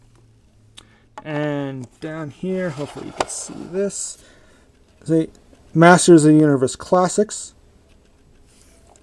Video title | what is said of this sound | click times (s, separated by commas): MOTU CLASSICS WIND RAIDER REVIEW | and it's basically just one big ball joint and there's a hole there it just pops into place | 0.8 s